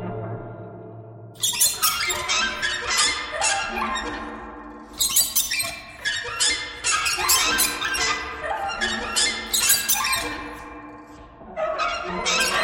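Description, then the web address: Bird squawking in rapid groups of harsh, squeaky notes, several runs of bursts with short pauses between them, over faint low hum. "soundfactory birds"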